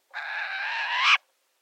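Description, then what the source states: Short-eared Owl giving a single harsh, raspy, wheezy call lasting about a second, steady then briefly rising and louder at the end before stopping sharply. Floats over wide-open grasslands.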